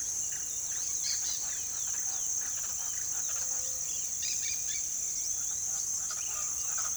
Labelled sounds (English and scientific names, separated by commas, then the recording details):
Yellow-rumped Cacique (Cacicus cela), Speckled Chachalaca (Ortalis guttata), Dusky-headed Parakeet (Aratinga weddellii), Tropical Kingbird (Tyrannus melancholicus)
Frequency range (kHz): Yellow-rumped Cacique (Cacicus cela) 0.4-2.8 kHz; Dusky-headed Parakeet (Aratinga weddellii) 0.3-9.6 kHz; Tropical Kingbird (Tyrannus melancholicus) 2.1-4.2 kHz
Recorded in pastures near Puerto Asís, Putumayo, Colombia, on 20 February 2024 at 08:00
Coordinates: 0.466, -76.323
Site G6384